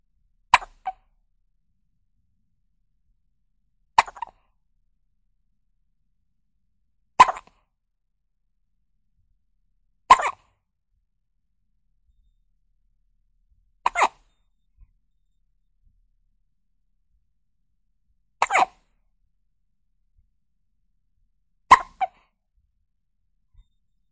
Newborn baby hiccup.